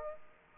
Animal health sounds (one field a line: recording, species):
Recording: mosquito wingbeat signal from an infrared sensor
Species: Aedes aegypti